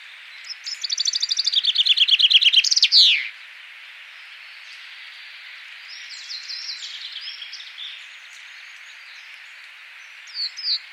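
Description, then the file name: Common chaffinch song: a loud series of notes dropping in pitch and ending in a flourish, followed by a fainter second song and a brief chirp near the end. "Fringilla coelebs"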